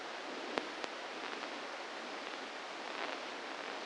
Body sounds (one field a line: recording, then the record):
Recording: brain microelectrode recording played as sound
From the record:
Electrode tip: inside the subthalamic nucleus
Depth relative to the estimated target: -3 mm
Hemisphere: left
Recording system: NeuroSet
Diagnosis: Parkinson's disease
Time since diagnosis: 8 years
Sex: male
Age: 58 years